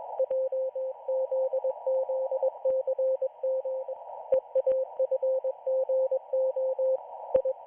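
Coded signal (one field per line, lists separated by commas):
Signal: Morse code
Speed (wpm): 21 wpm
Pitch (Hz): 520 Hz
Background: radio noise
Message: JZZCM EAFGO I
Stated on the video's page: Israeli Navy radio station broadcasting daily Morse radiograms to its correspondents on the 40-meter band.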